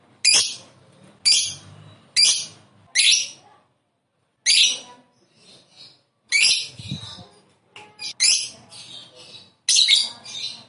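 Lovebird chirps: sharp, shrill high-pitched bursts in short clusters with brief pauses, several quick notes near the end.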